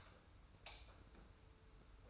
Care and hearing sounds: daily activity, microphone in the room; light off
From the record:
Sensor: 2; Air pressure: 991.0 hPa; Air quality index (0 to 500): 119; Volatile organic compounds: 80 ppm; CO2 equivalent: 3605 ppm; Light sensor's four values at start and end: 30/76/31/30 and 25/59/24/24

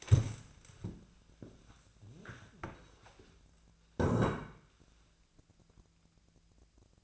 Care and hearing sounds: daily activity, microphone in the room; stand up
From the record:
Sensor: 2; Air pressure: 1000.3 hPa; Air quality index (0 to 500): 158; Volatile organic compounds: 3 ppm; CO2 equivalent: 1322 ppm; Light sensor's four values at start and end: 9/20/9/9 and 9/18/8/9

